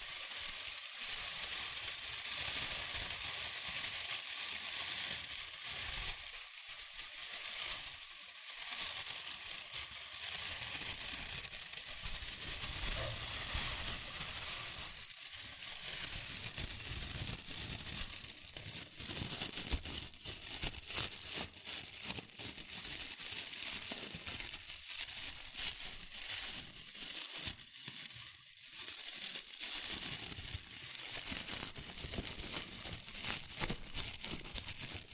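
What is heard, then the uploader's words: Shredded tissue and packing peanuts are rustled and crinkled continuously, a dense, bright crackle that never stops. Sharper bursts of crunching stand out every few seconds, growing busier after about fifteen seconds, with brief dips in between. ASMR Rustling and Crinkle Sounds (Shredded Tissue, Packing Peanuts).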